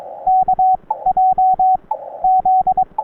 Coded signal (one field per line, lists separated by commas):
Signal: Morse code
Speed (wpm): 22 wpm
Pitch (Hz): 750 Hz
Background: radio noise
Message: KJZ